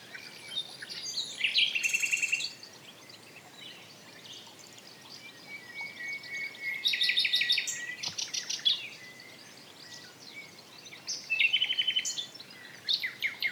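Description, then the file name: Common nightingale delivering separate loud phrases of rapid pulsed trills and buzzy rattles, each a few seconds apart with quiet gaps between. "Luscinia megarhynchos"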